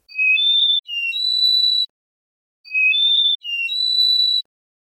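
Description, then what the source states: Canary song phrase of a few short, pure whistled notes alternating between lower and higher pitches, given twice with a short pause between. Russian canary song tour 'double kulik', repeated twice, second time in a new key.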